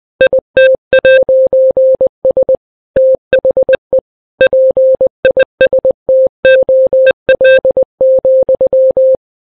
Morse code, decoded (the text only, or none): IT'S THE PISTOL,